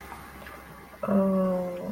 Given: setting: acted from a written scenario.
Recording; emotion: vocal sound without words; shame